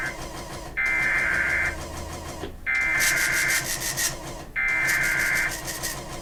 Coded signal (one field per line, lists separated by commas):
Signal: Emergency Alert System (SAME) tones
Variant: header bursts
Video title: Child Abduction Emergency on WJON-IP || 3/1/24 (EAS #2,377)